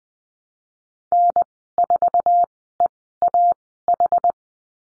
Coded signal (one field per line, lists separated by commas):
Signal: Morse code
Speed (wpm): 20 wpm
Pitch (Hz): 700 Hz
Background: none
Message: N4EAH